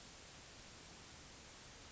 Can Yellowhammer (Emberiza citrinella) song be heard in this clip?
no